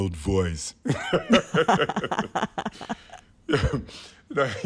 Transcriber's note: laughter